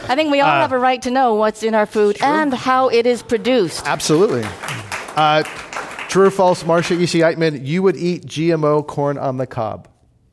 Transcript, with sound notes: I think we all have a right to know what’s in our food and how it is produced.
[Applause]
Absolutely. True or false. Marcia Ishii-Eiteman, you would eat GMO corn on the cob.